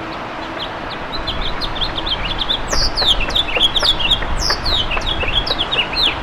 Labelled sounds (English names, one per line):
House Finch song